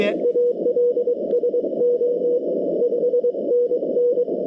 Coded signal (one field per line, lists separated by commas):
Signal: Morse code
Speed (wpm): 22 wpm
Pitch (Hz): 490 Hz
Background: none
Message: ALSO 5NN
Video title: Ugly CW POTA at K-5221 with my new BaMaTech TP-III key and trusty old Xiegu G90